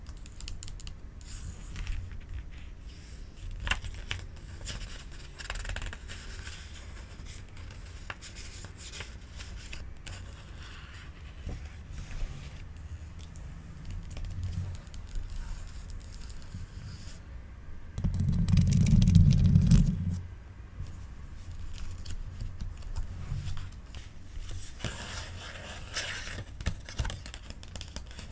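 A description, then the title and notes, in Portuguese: Pages of a book are handled and turned, with soft rustles and small papery ticks scattered through the recording. A louder, fuller page turn or sweep comes around nineteen seconds, and another bright rustle near twenty-six seconds, over a low, steady background rumble. Aqui temos um ASMR brasileiro super relaxante com sons de folhas do lindo livro "Contos de Grimm".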